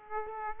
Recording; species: mosquito wingbeat signal from an infrared sensor; Aedes aegypti